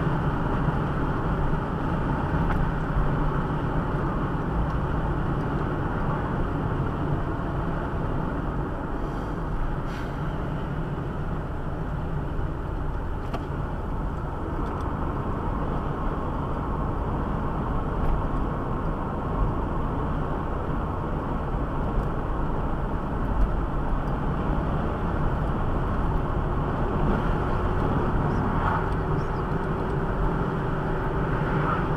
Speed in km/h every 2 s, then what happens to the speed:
81, 77, 72, 69, 67, 66, 63, 62, 62, 62, 62, 62, 62, 68, 71, 74.
0-13 slows to 62. 13-24 steady at about 62. 24-32 speeds up to 74.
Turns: none.